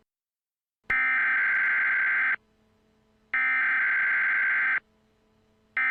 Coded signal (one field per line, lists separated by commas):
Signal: Emergency Alert System (SAME) tones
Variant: header bursts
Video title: EAS Scenario #18: Mickey Error XIV The Revive Of Minnie Error